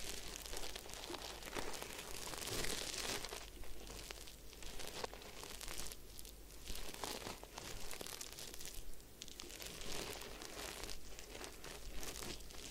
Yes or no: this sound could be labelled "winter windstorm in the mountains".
no